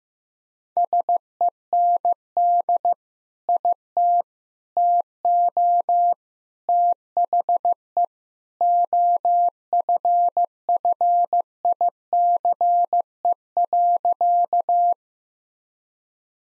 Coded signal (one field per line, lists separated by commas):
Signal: Morse code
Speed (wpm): 16 wpm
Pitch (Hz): 700 Hz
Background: none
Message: SEND IT TO THE OFFICE.